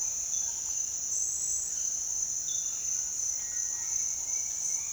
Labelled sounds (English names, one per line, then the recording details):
none
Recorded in dense forest near Puerto Asís, Putumayo, Colombia, on 23 June 2025 at 07:00
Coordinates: 0.466, -76.327
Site GP04